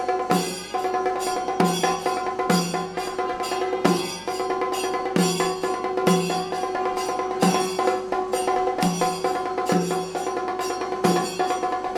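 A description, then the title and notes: A temple orchestra plays at a festival, dense and loud throughout. Sharp drum strokes fall in a regular pulse, roughly every three-quarters of a second, over a steady ringing bed of held brass-like tones and shimmering cymbal wash. I did some recordings of Panchavadyam (Temple Orchestra) at Sri Sankarankulangara Temple festival (chuttu valakku) in Thrissur. Of the five instruments, four — timila, maddalam, ilathalam and idakka — belong to the percussion category, while the fifth, kombu, is a wind instrument.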